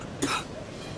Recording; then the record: coughing mixed with background sound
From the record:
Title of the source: 64 coughing, allergies, singing lungs